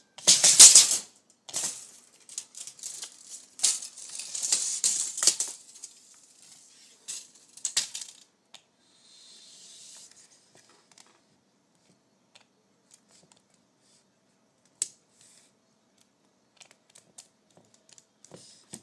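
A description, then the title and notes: A tape measure is pulled and handled, with a burst of bright rattling and scraping clicks in the first eight seconds. Around ten seconds a soft hiss slides by, then scattered light ticks and taps continue sparsely, with a sharp click near fifteen seconds. ASMR Pulling my Tape Measure.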